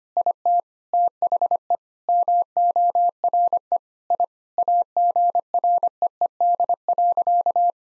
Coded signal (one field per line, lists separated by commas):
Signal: Morse code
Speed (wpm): 25 wpm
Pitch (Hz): 700 Hz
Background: none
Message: IT THE MORE I AGREED.